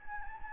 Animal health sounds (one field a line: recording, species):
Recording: mosquito wingbeat signal from an infrared sensor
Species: Anopheles gambiae